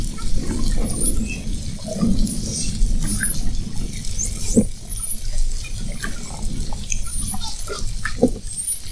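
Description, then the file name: Spinner dolphins whistling, many high rising whistles overlapping throughout, over a constant low underwater rumble with scattered clicks and pops. Whistles of spinner dolphins recorded at Fernando de Noronha. "Sons rotadores FN assovios"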